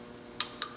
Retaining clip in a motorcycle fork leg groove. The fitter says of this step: put it in there and you need to take a little screwdriver and just kind of push it you'll hear it you hear it snap